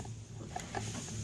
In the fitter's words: Do have to reattach the door. It's very easy. Just pops into place.